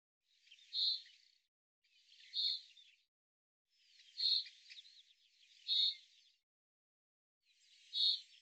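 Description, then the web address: Bird calls, five high chirpy notes with scratchy flourishes, irregularly spaced over several seconds. "Deverinetal 2025 File cleaned normalized Bird Fr Co"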